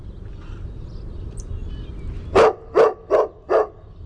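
Dog barking: four sharp barks in quick succession, evenly spaced, after a couple of seconds of low background rumble.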